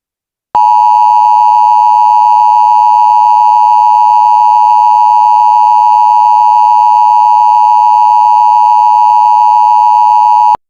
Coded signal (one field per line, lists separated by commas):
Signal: Emergency Alert System (SAME) tones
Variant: 853 and 960 Hz attention tone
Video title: EAS MOCK For Civil Danger Warning New Update